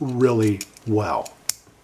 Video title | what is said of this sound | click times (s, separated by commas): 3 Ways To Make The Fantastic Daicamping DL30 Multi-Tool Even Better! | and all these have the detent so they snap into place and it just works really well | 1.5 s